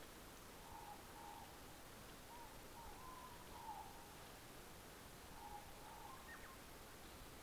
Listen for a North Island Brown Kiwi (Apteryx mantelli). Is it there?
no